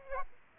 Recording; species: mosquito wingbeat signal from an infrared sensor; Aedes aegypti